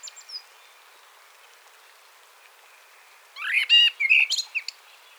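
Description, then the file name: Common blackbird singing one short phrase: a few mellow whistled notes followed by a squeaky high twitter, after a quiet stretch with faint chirps. "Turdus merula"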